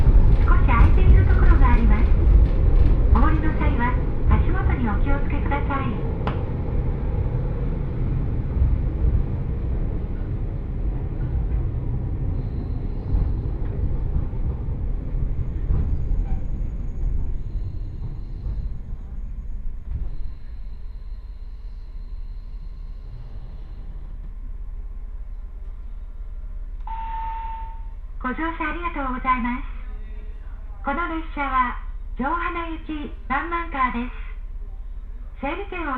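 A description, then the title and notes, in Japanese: A two-car diesel train rolls along slowly, its low engine rumble and rolling noise filling the first twenty seconds before easing to a quieter hum. A voice speaks over the start, and from about 27 seconds a woman's announcement comes in short phrases over the steady background. 耳で楽しむ鉄道旅 城端線 油田→城端。城端線の終点城端駅は山がすぐ近くまで迫ってきており、その先には五箇山が控えているいわゆる行き止まりらしさが残る駅です。途中の砺波駅あたりまでは地元民の乗り降りが多く、そこから先は秋の乗り放題切符を持った人たちばかりと思われます。昔ながらの塗装の気動車が2両のんびりと走っていきます。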